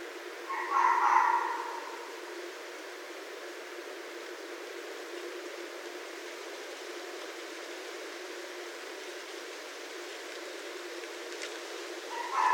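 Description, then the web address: Red fox giving one short hoarse bark near the start, then a long stretch of quiet hiss, with another call just beginning at the very end. Recorded on 31 December 2011. "Red Fox 2011 12 31"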